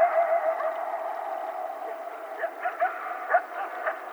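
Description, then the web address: Coyote chorus with a sustained howling tone underneath, and a few short, irregular yelps rising out of it in the second half. Several coyotes, recorded on 12 July 2010. "Coyote 2010 07 12 Coyotes"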